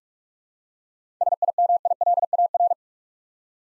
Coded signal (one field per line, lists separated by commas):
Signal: Morse code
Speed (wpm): 46 wpm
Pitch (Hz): 700 Hz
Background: none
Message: SIMILAR